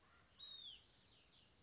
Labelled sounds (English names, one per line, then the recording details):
Hutton's Vireo
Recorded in Sonoma County, California